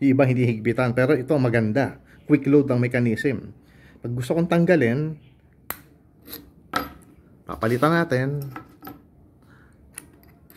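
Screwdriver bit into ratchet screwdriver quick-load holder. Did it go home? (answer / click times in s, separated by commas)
yes / 10.0 s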